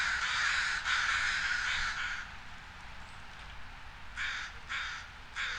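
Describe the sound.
Crow cawing: a long rasping series of caws at first, then after a pause three short, clipped caws in quick succession.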